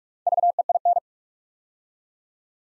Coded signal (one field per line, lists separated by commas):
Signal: Morse code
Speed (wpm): 44 wpm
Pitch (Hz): 700 Hz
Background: none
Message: VEIN